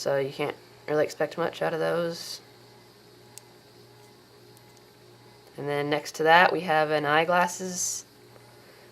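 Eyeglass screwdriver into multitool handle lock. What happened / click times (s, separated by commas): Small tool handled, not yet locked home / none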